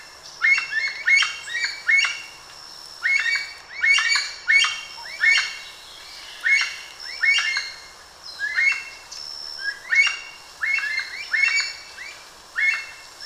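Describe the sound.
Aracari calls: sharp, rasping notes in short bursts, repeated throughout, with a thin high tone at times in the background.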